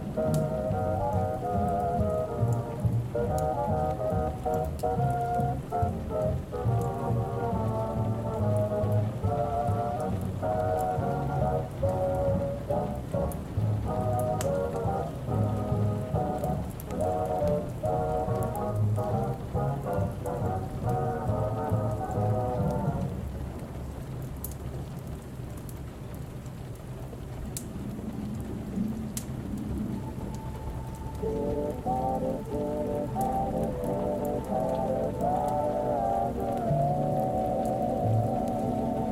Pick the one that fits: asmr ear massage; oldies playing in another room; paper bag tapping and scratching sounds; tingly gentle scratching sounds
oldies playing in another room